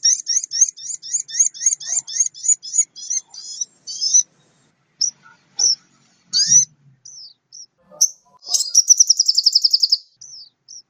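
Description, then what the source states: Oriental magpie-robin singing a rapid run of high repeated notes, then scattered whistled chirps and a fast high trill near the end. Lively singing bird used to train other songbirds.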